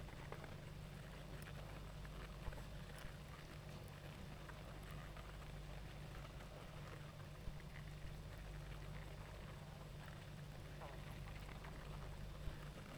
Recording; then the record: honeybee colony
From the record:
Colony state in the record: active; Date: 28 July 2017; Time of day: 19:30